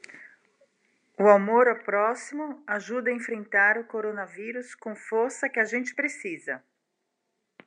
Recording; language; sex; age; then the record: spoken sentence; Brazilian Portuguese; female; 50 to 59 years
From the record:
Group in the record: control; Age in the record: 52 years